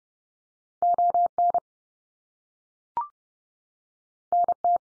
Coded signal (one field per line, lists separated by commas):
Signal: Morse code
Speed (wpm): 30 wpm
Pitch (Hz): 700 Hz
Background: none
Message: ON NT